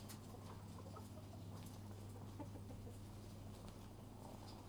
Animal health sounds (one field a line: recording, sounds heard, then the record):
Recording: poultry house recording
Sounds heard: sick chickens (respiratory disease)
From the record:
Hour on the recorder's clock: 21